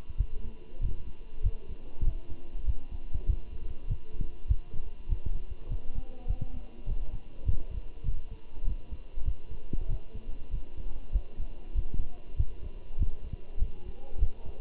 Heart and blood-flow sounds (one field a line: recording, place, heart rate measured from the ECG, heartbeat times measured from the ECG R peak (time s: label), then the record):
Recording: heart sounds by stethoscope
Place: between the tricuspid and mitral areas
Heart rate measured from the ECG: 98 bpm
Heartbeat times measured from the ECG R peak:
0.18 s: heartbeat
0.82 s: heartbeat
1.43 s: heartbeat
2.05 s: heartbeat
2.66 s: heartbeat
3.27 s: heartbeat
3.88 s: heartbeat
4.48 s: heartbeat
5.09 s: heartbeat
5.69 s: heartbeat
6.28 s: heartbeat
6.87 s: heartbeat
7.46 s: heartbeat
8.05 s: heartbeat
8.65 s: heartbeat
9.26 s: heartbeat
9.89 s: heartbeat
10.52 s: heartbeat
11.13 s: heartbeat
11.76 s: heartbeat
12.37 s: heartbeat
12.99 s: heartbeat
13.60 s: heartbeat
14.20 s: heartbeat
From the record:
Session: walking at 3.7 km/h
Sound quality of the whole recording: good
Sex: male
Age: 23 years